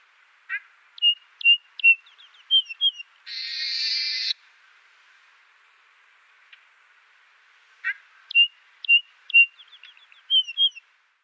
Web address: Schulze Peter Trumpeter Finch song